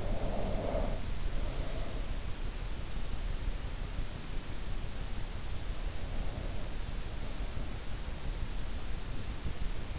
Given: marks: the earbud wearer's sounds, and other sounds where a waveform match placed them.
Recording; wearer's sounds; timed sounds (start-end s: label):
sounds in sleep by an in-ear microphone; snoring breath
0.00-0.94 s: snoring breath